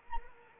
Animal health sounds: mosquito wingbeat signal from an infrared sensor; Anopheles arabiensis

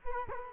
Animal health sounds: mosquito wingbeat signal from an infrared sensor; Culex quinquefasciatus

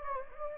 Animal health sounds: mosquito wingbeat signal from an infrared sensor; Anopheles gambiae

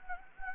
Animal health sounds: mosquito wingbeat signal from an infrared sensor; Anopheles gambiae

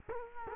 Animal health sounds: mosquito wingbeat signal from an infrared sensor; Culex quinquefasciatus

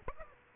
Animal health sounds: mosquito wingbeat signal from an infrared sensor; Aedes aegypti

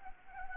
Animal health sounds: mosquito wingbeat signal from an infrared sensor; Anopheles gambiae

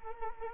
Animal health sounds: mosquito wingbeat signal from an infrared sensor; Anopheles arabiensis

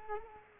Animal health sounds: mosquito wingbeat signal from an infrared sensor; Culex quinquefasciatus

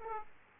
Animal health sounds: mosquito wingbeat signal from an infrared sensor; Aedes aegypti

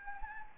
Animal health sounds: mosquito wingbeat signal from an infrared sensor; Anopheles gambiae

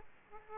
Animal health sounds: mosquito wingbeat signal from an infrared sensor; Aedes aegypti

